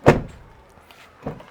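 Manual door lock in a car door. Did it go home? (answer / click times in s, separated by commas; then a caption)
no / none. A faulty car door is manually locked and then shut, closing with a loud bang at 0.1 s, followed by a faint tick near 0.9 s and a softer knock at 1.3 s. The manual door lock fails to stay engaged and springs back to unlocked, so nothing has clicked into a held lock.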